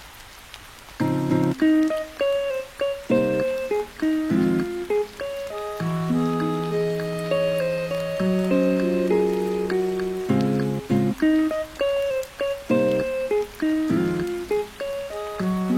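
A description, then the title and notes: Music plays over a steady hiss of rain. The first second is rain alone, then short bright chords enter in a quick, choppy rhythm, giving way to longer held notes in the middle before the choppy chords return. The rain stays constant underneath. Music w/ Rain Sounds.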